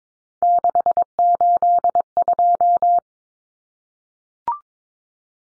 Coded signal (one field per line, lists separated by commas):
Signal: Morse code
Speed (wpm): 22 wpm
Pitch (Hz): 700 Hz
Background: none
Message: 682